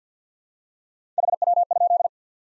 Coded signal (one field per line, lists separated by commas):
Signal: Morse code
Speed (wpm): 50 wpm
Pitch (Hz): 700 Hz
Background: none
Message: HW?